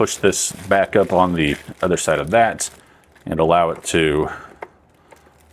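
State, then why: Seated. Someone talks while pushing the plastic waste bag retaining frame back up on the other side of the waste bin of a LaLaHome RealScooper Pro automatic cat litter box. At 4.6 seconds a sharp plastic knock is heard as the frame locks into place, followed by a faint tap near 5.1 seconds.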